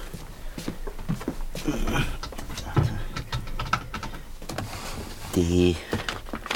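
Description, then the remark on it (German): Keys jingle and clink in quick, irregular metallic taps, with scattered rattles throughout and a short tonal hum or murmur near the end. “Wo habe ich denn nur meine Schlüssel? Da.”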